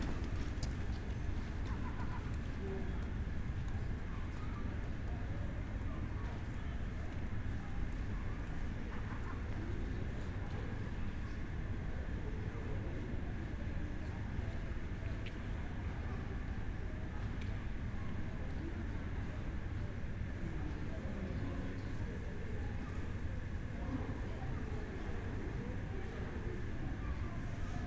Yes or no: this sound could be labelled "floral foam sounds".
no